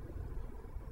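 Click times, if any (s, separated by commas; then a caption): none. The pointed end of a plastic drip emitter is handled against irrigation drip line tubing, but nothing has snapped in or seated yet. Only a steady low rumble, like a vehicle engine idling nearby, is heard throughout, with no sharp click.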